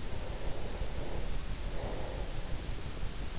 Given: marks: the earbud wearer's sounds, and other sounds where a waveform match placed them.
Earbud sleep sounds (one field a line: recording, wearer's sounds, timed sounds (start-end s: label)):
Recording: sounds in sleep by an in-ear microphone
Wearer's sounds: breath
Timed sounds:
0.03-3.06 s: breath